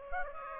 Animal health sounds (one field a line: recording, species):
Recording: mosquito wingbeat signal from an infrared sensor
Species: Aedes aegypti